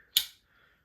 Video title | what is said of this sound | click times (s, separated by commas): TwoSun TS305 Unboxing | wow nice positive click that was impressive damn | 0.2 s